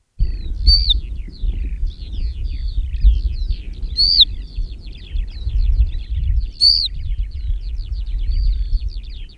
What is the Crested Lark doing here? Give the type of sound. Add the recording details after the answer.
call. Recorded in the wild. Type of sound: call. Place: Dumbraveni, Transilvania, RO. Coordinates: 46.23, 24.575. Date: 1973-05-01. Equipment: Nagra III BH, Sennheiser MD 21, parabola. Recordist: Schubert, Michael. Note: Haubenlerche, 3 Warnrufe (?)